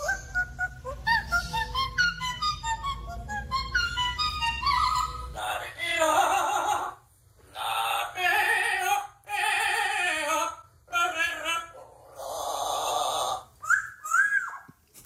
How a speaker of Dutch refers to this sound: Een bioloog van de Universiteit Leiden zoekt zingende papegaaien.